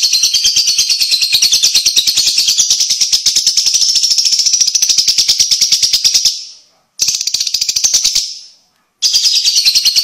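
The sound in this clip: Lovebird calls as a fast run of shrill pulsed chirps, cutting off abruptly twice into short silences before resuming.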